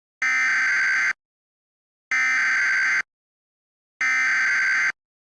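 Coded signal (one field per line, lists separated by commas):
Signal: Emergency Alert System (SAME) tones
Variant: header bursts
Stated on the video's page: Fictional mock EAS scenario that uses valid EAS tones.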